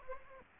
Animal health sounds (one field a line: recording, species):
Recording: mosquito wingbeat signal from an infrared sensor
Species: Aedes aegypti